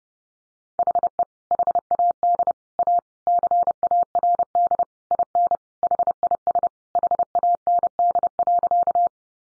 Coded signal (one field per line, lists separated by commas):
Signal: Morse code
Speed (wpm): 30 wpm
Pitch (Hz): 700 Hz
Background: none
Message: HE HAD A CARD IN HIS HAND.